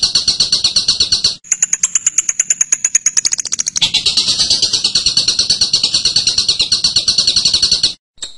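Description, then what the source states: Bird song of fast high chips: a fuller note, a brief break, then a thin sharp series, then the richer, slightly lower note again, continuing steadily before stopping. Masteran training material for birds to learn calls.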